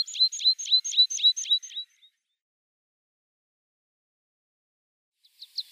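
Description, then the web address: Meadow pipit song: a fast series of thin, high, repeated notes for about two seconds, then silence, with a new run starting at the end. "Schulze Peter Meadow Pipit song"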